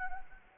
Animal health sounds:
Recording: mosquito wingbeat signal from an infrared sensor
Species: Anopheles gambiae

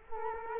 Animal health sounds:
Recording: mosquito wingbeat signal from an infrared sensor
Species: Culex quinquefasciatus

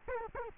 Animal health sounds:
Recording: mosquito wingbeat signal from an infrared sensor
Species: Culex quinquefasciatus

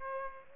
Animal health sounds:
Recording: mosquito wingbeat signal from an infrared sensor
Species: Aedes aegypti

